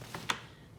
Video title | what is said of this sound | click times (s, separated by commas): Home Logic Stacking Basket Laundry Basket review with Carolina | it snaps back in so that's | 0.3 s